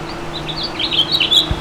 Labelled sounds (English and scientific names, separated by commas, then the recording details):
House Finch (Haemorhous mexicanus) song
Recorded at Merrick on Long Island, New York, on 17 May 2013
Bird B